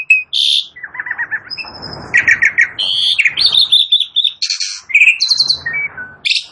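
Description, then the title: Asian pied starling song, a rapid jumble of harsh chattering notes, whistles and buzzy trills, varied phrases following one another with barely a pause. Song reportedly starts in under a minute. "Belum Satu Menit Jalak Suren Langsung Bunyi"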